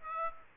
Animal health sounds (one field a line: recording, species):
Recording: mosquito wingbeat signal from an infrared sensor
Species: Aedes aegypti